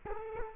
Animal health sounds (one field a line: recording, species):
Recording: mosquito wingbeat signal from an infrared sensor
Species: Culex quinquefasciatus